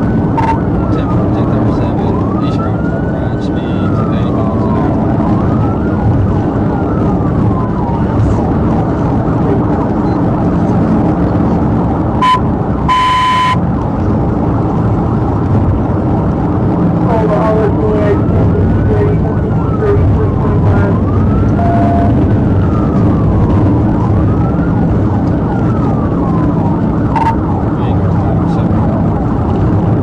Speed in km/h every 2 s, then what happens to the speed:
134, 130, 135, 132, 129, 132, 130, 127, 129, 127, 129, 127, 126, 126, 127.
0-30 steady at about 129.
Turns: none.